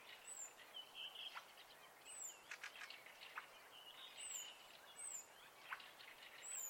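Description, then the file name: Birds calling and singing, mixing brief high whistles with buzzy mid-pitched phrases and scattered chirps over a constant background hiss. Birds singing at night in spring. "Fugler Natt Vaar"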